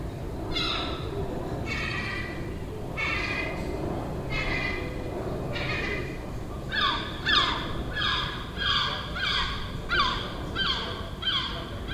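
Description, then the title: Gull calls, drawn-out nasal notes at first, then a quicker run of loud, falling mewing cries, with a steady low rumble underneath. Gull nesting on a neighbouring roof, calling all day for a week; Den Haag, Netherlands, 18 June 2017. "Seagull Chatter (Den Haag"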